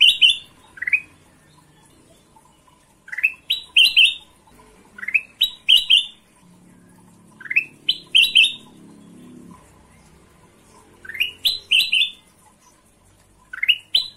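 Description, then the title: Ruby-throated bulbul singing clusters of quick upslurred whistles separated by short pauses. Long tutor recording (masteran) of combination song, for training birds. "Panjang Masteran Kutilang Emas Suara Kombinasi"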